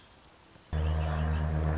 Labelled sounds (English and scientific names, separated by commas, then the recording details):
Red-winged Blackbird (Agelaius phoeniceus)
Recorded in Sonoma County, California